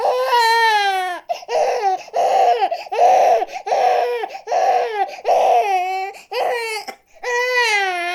Newborn Baby cry.